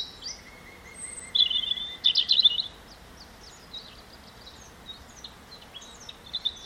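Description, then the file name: European robin song: a bright, trilling burst of high notes lasting about a second, followed by faint scattered twitters and a thin steady tone. "Erithacus rubecula"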